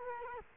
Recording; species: mosquito wingbeat signal from an infrared sensor; Culex quinquefasciatus